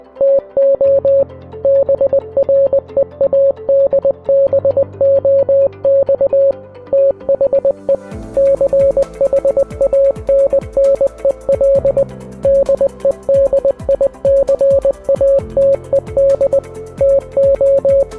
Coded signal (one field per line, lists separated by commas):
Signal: Morse code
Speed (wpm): 20 wpm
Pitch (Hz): 550 Hz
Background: music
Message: TO BREADBOX THE CHANNEL DEDICATED TO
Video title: RAMBO FIRST BLOOD II (EASTER EGG) Commodore 64 Game Review